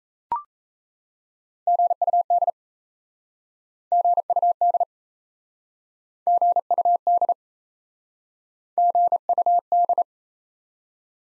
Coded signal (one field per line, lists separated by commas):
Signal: Morse code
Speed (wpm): 39 wpm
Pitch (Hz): 700 Hz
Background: none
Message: GUD GUD GUD GUD